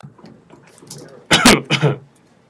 Coughing.